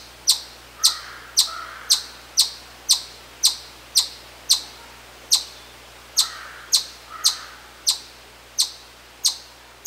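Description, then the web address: Chipmunk giving a long, fairly regular series of sharp high chips, roughly two per second, with faint softer lower notes between some of them. "sound Tamias"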